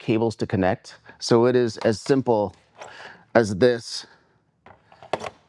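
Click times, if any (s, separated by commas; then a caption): 5.1 s. Someone talks while a sealed drop-in battery pack is set into the powerhead of an ePropulsion Spirit 2 electric outboard motor, with no cables to connect. A sharp knock at 5.1 seconds marks the battery locking into place.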